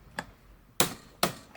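A torque wrench set to 55 Nm tightens the nut holding the clutch bell on a scooter transmission, fitted with a Malossi Fly clutch and white contrast spring. A faint tap at 0.2 s is followed by the wrench's sharp, loud click at 0.8 s, confirming the set torque is reached. A second strong click comes at 1.2 s, then a faint one near 1.6 s.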